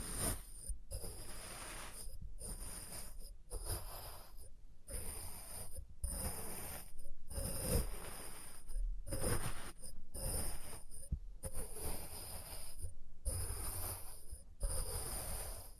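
Experimental triggers in test tubes: dense, rough, rustling bursts of scraping and shaking, each lasting about a second, broken by brief silences at a fairly regular pace. The bursts carry a rumbling low end and a thin, steady high ring throughout.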